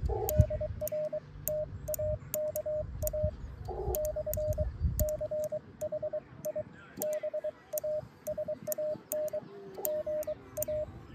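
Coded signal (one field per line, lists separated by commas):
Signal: Morse code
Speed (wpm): 22 wpm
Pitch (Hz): 610 Hz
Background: radio noise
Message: DR TAKA / CHIBA SAN GA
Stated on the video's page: Amateur CW contact with a Japanese station by a Korean novice.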